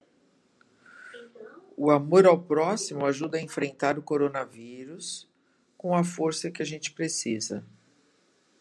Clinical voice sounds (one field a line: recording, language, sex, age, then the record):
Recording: spoken sentence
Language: Brazilian Portuguese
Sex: female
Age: 60 to 69 years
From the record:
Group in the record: control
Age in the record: 66 years